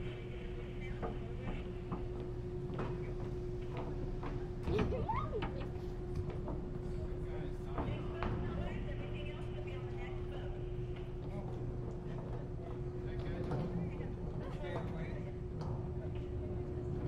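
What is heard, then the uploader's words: Aboard the Seattle–Bainbridge Island ferry as it boats and launches, a steady low engine rumble runs throughout beneath a constant droning hum. Scattered knocks and clatters come and go, with a louder thump and brief rising squeal near five seconds, and voices murmur faintly. Seattle Inbound Rear Passenger Deck Board And Launch Stereo. Round-trips on the Seattle-Bainbridge Island Ferry.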